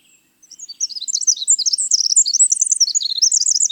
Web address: winter wren